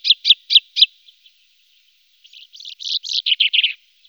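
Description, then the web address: Common chaffinch song: four sharp, high chipping notes, a pause of over a second, then a fast run of buzzy notes that slides slightly lower at the end. Recorded in a wetland area at Sissonne. "Sissonne. Pinson des arbres"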